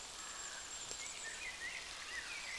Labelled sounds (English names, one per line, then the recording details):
Common Blackbird
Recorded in Germany
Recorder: ecoPi